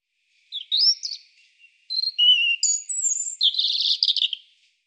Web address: cianscape birddata Deverinetal Bird Er Ru